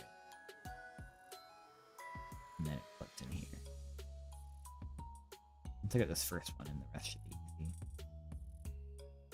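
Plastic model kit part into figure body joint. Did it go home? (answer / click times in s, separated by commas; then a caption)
no / none. A plastic part of a model figure kit is handled against its peg or joint on the figure body, with soft taps and handling noises under background music while someone talks. Nothing has seated or clicked yet; the clip ends just before the part goes home.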